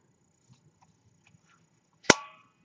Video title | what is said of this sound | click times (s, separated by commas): Update...How to get smooth edges with the I-top...Yay, I did it! | and you heard the click and now I will take it out | 2.1 s